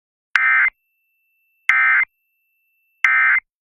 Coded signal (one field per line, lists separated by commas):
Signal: Emergency Alert System (SAME) tones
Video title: Thunderstorms, Yes | 3/11/26 EAS Alert Compilation (EAS #3096-3107)